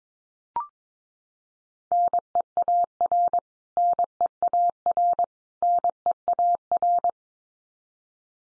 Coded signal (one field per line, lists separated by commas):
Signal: Morse code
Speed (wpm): 22 wpm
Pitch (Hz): 700 Hz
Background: none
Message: NEAR NEAR NEAR